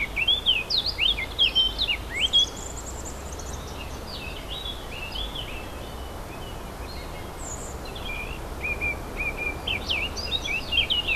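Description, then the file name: Warbler song in two bursts, a quick jumbled warble at the start and another near the end, with a quieter stretch of faint twitters between. Recorded 4 May 2011 on an MZ-N710 recorder. "mz-n 710 fauvettes 4 05 11"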